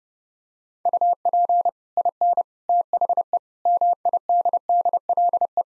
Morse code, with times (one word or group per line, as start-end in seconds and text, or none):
0.9-1.7 UP
2.0-2.4 IN
2.7-3.4 THE
3.7-5.6 MIDDLE